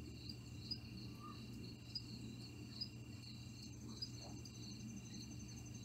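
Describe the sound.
Cricket chirping in high pulses roughly every second, with a low hum throughout.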